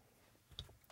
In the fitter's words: they kind of lock into place once you get it all the way in there